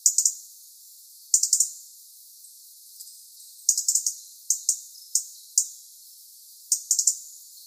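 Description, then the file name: European robin giving sharp, high tick calls in quick bursts of two to four, repeated irregularly with short silent gaps between clusters. "Erithacus rubecula"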